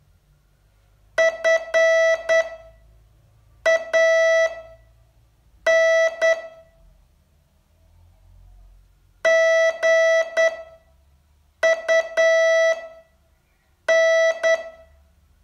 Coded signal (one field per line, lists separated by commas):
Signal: Morse code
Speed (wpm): 10 wpm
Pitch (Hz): 660 Hz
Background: none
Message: FAN GUN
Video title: Learn Morse in 42 Days from VU2LAU - day 36 test 2